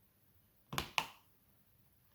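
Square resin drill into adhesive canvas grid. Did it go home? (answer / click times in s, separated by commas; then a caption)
yes / 1.0 s. A square resin diamond-painting drill is pressed into its slot on an adhesive canvas grid, which is a very tight fit that doesn't pop out. A short, softer burst around 0.7–0.8 s is followed by a single sharp click at 1.0 s as the drill clicks into place. The drill is seated.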